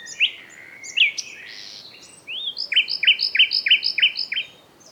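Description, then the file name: Common nightingale song: two sharp notes, a slurred whistle, then a crisp run of rapidly repeated chirps. "Luscinia megarhynchos"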